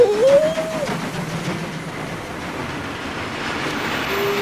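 Freight wagons loaded with fish on ice rumble and rattle along the rails in a steady, dense clatter, jolting and wobbling on their bogies, with a brief high metallic squeal at the start and another faint squeal near the end.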